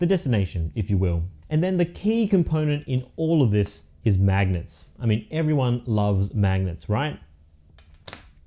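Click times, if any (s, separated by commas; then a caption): 8.1 s. Someone talks, then a magnetized organiser module is brought to its mount plate and snaps into place magnetically with a sharp click at 8.1 s. The module is seated, designed so it snaps in place accurately every time.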